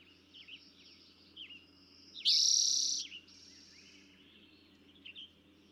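Eastern towhee song, a single loud buzzy trill, with faint short whistled notes before and after.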